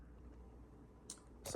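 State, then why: Seated. The plastic retainer clip on a replacement leather seat cover bottom for an Infiniti G37/G35 seat (Base/Journey) is pushed into a slot in the seat frame over a low steady hum. A sharp snap at 1.1 s marks the clip seating, followed by a louder, longer rustling burst near 1.5 s.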